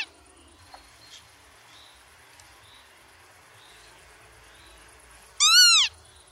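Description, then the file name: Northern lapwing giving a single short, wheezy, arched call late in an otherwise quiet stretch, with faint background hiss. "Czajka"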